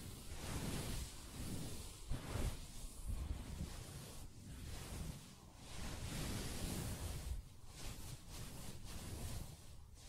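Soft tapping and scratching on a fabric surface fill the clip with a dense, continuous rustle. Muffled low thumps and brushing strokes come irregularly, about every half second to a second. Short, quieter gaps fall near two, four and eight seconds.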